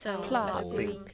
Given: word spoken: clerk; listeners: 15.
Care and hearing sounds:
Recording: one English word in noise, from a listening test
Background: four-talker babble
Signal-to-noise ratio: 0.6 dB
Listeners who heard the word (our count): 2 of 15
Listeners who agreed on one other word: 9 of 15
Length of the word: 0.74 s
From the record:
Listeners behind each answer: 9, 2, 2, 1, 1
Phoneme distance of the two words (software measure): 10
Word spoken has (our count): 1 syllable, 4 phonemes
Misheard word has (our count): 1 syllable, 4 phonemes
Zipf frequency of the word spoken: 3.53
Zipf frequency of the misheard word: 3.79

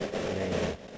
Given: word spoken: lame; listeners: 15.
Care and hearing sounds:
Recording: one English word in noise, from a listening test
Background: noise modulated by three-talker babble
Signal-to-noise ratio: -5.2 dB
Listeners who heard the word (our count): 1 of 15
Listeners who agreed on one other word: 8 of 15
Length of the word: 0.58 s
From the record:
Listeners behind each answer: 8, 1, 1, 1, 1, 1, 1, 1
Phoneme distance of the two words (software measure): 10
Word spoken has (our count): 1 syllable, 3 phonemes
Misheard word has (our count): 1 syllable, 3 phonemes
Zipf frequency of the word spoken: 3.51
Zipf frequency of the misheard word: 5.61

